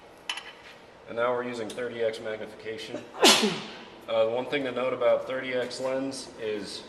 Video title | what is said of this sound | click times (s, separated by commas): Optical Comparitor | can just install it a little snap in place and | 0.3 s